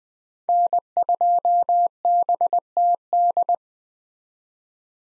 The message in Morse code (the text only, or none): N2BTD